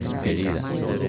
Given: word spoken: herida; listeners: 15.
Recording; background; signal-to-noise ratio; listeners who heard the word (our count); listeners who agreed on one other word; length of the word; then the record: one Spanish word in noise, from a listening test; eight-talker babble; -1.9 dB; 2 of 15; 6 of 15; 0.69 s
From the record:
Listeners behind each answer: 6, 2, 2, 2, 1, 1, 1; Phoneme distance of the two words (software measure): 38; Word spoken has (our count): 3 syllables, 5 phonemes, stress on syllable 2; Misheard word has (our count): 4 syllables, 9 phonemes, stress on syllable 3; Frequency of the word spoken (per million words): 22.88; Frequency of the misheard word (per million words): 15.52